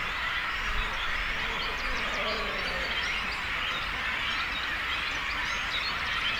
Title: XRHJ+R8 Zemitz, Deutschland - Kormorane brüten (mit Jungvögeln). breeding cormorants (with children)